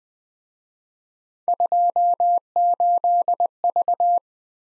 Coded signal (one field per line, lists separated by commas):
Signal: Morse code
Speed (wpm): 20 wpm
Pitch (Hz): 700 Hz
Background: none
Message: 28V